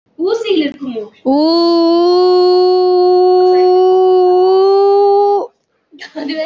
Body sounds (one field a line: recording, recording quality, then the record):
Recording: sustained vowel as in boot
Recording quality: moderate, slight background noise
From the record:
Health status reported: healthy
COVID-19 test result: negative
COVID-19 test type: RT-PCR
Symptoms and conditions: cold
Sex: female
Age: 21 years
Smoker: no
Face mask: worn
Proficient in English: yes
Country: India